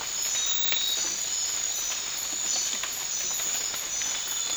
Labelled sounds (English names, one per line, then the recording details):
none
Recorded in dense forest near Puerto Asís, Putumayo, Colombia, on 12 March 2025 at 00:00
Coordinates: 0.500, -76.322
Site GP06